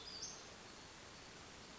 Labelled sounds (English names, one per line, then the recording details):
Western Flycatcher
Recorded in Sonoma County, California